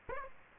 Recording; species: mosquito wingbeat signal from an infrared sensor; Aedes aegypti